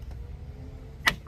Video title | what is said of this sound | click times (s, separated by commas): CHR BATTERY - HOW TO REPLACE - TOYOTA 2021 | That's how you snap it back | 1.1 s